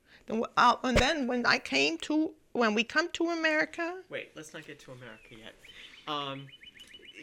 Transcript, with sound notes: And then, when I came to, when we come to America... (birds can be heard in the background)
Wait, let's not get to America yet.